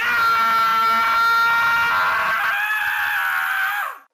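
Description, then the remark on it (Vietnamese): A man lets out a long, loud scream of terror, a strained, high-pitched cry held for about four seconds before it breaks and drops off abruptly. “Ông … hét toáng lên một câu thất thanh.”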